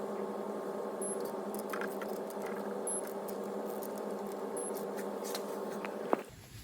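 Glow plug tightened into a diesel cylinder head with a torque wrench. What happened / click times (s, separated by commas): The torque wrench clicked at its set torque / 6.1 s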